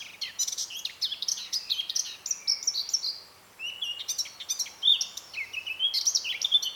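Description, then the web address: Eurasian blackcap song, a rapid jumble of chattering notes and clear fluty whistles, with a short pause before a second warbled phrase. "SETE Sylvia atricapilla"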